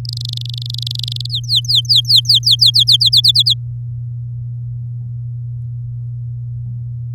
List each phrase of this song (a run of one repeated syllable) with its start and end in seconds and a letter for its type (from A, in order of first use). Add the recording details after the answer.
0.05-1.27 A, 1.29-2.97 B, 3.00-3.54 C. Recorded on 8 May 2018 at 19:47. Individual llb16